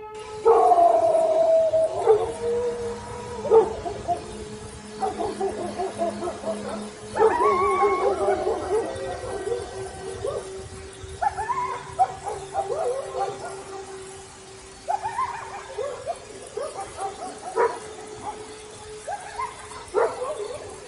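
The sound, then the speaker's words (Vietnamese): Several dogs in a village bark on a cold winter night, one setting off the next, in quick, overlapping bursts, loud yaps and yips answering one another over a steady low hum, with a few whimpering, howl-like notes mixed in. “Bỗng tiếng chó sủa dồn dập. Con này nghe con kia sủa thì cũng sủa ầm lên hết cả một góc làng.”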